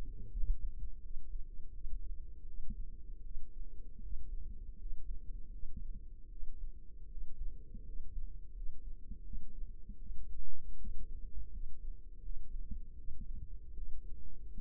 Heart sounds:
heart sounds by microphone in the left ear; 80 bpm
0.31 s: heartbeat
1.00 s: heartbeat
1.71 s: heartbeat
2.44 s: heartbeat
3.21 s: heartbeat
4.00 s: heartbeat
4.76 s: heartbeat
5.49 s: heartbeat
6.27 s: heartbeat
7.07 s: heartbeat
7.83 s: heartbeat
8.52 s: heartbeat
9.22 s: heartbeat
9.96 s: heartbeat
10.75 s: heartbeat
11.49 s: heartbeat
12.20 s: heartbeat
12.94 s: heartbeat
13.73 s: heartbeat
14.52 s: heartbeat
From the record:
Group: healthy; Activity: cold pressor test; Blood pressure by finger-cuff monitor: 78/52 mmHg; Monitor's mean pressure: 62 mmHg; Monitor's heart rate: 81 bpm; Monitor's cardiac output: 6.8 L/min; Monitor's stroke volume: 84 mL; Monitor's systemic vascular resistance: 650 dyn s/cm5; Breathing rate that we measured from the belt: 17 breaths a minute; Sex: female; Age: 22 years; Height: 163 cm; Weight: 67.1 kg

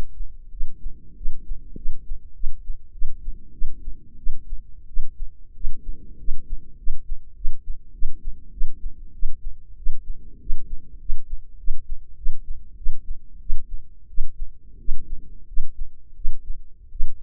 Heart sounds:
heart sounds by microphone in the left ear; 95 bpm
0.49 s: heartbeat
1.14 s: heartbeat
1.74 s: heartbeat
2.33 s: heartbeat
2.91 s: heartbeat
3.51 s: heartbeat
4.17 s: heartbeat
4.87 s: heartbeat
5.53 s: heartbeat
6.17 s: heartbeat
6.76 s: heartbeat
7.34 s: heartbeat
7.92 s: heartbeat
8.51 s: heartbeat
9.12 s: heartbeat
9.76 s: heartbeat
10.39 s: heartbeat
10.98 s: heartbeat
11.57 s: heartbeat
12.15 s: heartbeat
12.76 s: heartbeat
13.39 s: heartbeat
14.08 s: heartbeat
14.78 s: heartbeat
15.46 s: heartbeat
16.14 s: heartbeat
16.90 s: heartbeat
From the record:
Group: healthy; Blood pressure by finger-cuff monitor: 109/65 mmHg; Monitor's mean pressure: 79 mmHg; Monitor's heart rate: 94 bpm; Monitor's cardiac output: 8 L/min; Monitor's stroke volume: 83 mL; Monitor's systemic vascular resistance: 700 dyn s/cm5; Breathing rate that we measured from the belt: 13 breaths a minute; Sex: female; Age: 22 years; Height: 157 cm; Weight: 47.6 kg

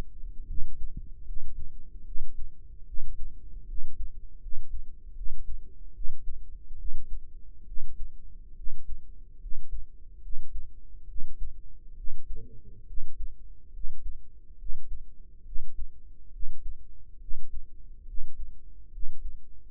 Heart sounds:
heart sounds by microphone in the right ear; 72 bpm
0.44 s: heartbeat
1.23 s: heartbeat
2.02 s: heartbeat
2.84 s: heartbeat
3.65 s: heartbeat
4.39 s: heartbeat
5.13 s: heartbeat
5.92 s: heartbeat
6.76 s: heartbeat
7.64 s: heartbeat
8.54 s: heartbeat
9.38 s: heartbeat
10.20 s: heartbeat
11.06 s: heartbeat
11.94 s: heartbeat
12.84 s: heartbeat
13.71 s: heartbeat
14.56 s: heartbeat
15.43 s: heartbeat
16.30 s: heartbeat
17.18 s: heartbeat
18.04 s: heartbeat
18.90 s: heartbeat
From the record:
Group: healthy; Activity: rest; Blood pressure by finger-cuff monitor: 100/65 mmHg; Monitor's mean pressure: 76 mmHg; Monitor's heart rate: 69 bpm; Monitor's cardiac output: 5.4 L/min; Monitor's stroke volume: 78 mL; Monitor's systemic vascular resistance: 1030 dyn s/cm5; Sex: female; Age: 22 years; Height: 160 cm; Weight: 45 kg

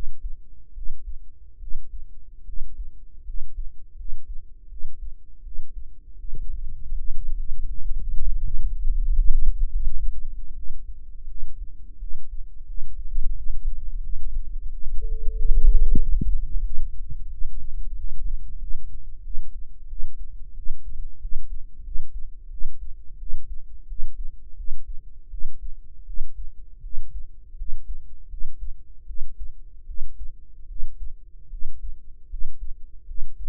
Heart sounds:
heart sounds by microphone in the right ear; 84 bpm
0.72 s: heartbeat
1.57 s: heartbeat
2.43 s: heartbeat
3.23 s: heartbeat
3.94 s: heartbeat
4.67 s: heartbeat
5.41 s: heartbeat
6.18 s: heartbeat
6.92 s: heartbeat
7.65 s: heartbeat
8.40 s: heartbeat
9.13 s: heartbeat
9.82 s: heartbeat
10.53 s: heartbeat
11.26 s: heartbeat
11.98 s: heartbeat
12.65 s: heartbeat
13.33 s: heartbeat
14.01 s: heartbeat
14.69 s: heartbeat
15.34 s: heartbeat
15.97 s: heartbeat
16.62 s: heartbeat
17.29 s: heartbeat
17.94 s: heartbeat
18.57 s: heartbeat
19.21 s: heartbeat
19.87 s: heartbeat
20.54 s: heartbeat
21.19 s: heartbeat
21.82 s: heartbeat
22.49 s: heartbeat
23.17 s: heartbeat
23.86 s: heartbeat
24.55 s: heartbeat
25.29 s: heartbeat
26.05 s: heartbeat
26.81 s: heartbeat
27.56 s: heartbeat
28.28 s: heartbeat
29.05 s: heartbeat
29.85 s: heartbeat
30.66 s: heartbeat
31.49 s: heartbeat
32.28 s: heartbeat
33.05 s: heartbeat
From the record:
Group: healthy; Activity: rest 0-18 s, cold pressor test 18-34 s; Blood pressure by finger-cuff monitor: 93/56 mmHg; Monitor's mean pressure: 68 mmHg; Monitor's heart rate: 83 bpm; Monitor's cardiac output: 7.2 L/min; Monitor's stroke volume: 91 mL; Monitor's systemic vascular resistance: 660 dyn s/cm5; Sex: female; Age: 19 years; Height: 163 cm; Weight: 48.9 kg

